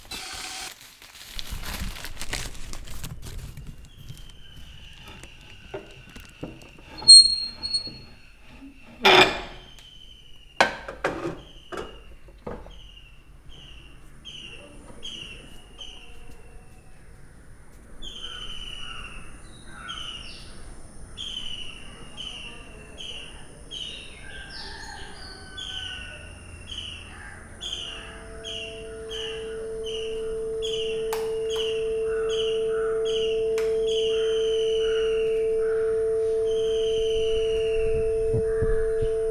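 Forest birds in south India chirp in quick repeated runs, with sharp clicks early on and a steady low hum entering near the end.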